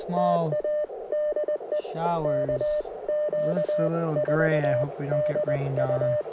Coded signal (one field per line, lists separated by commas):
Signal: Morse code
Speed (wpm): 20 wpm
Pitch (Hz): 590 Hz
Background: speech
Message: TA DE KQ4DU